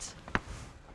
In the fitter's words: and it will click into place